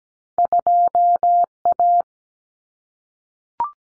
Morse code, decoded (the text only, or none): 2A